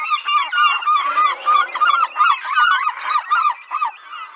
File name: gabbiano reale nordico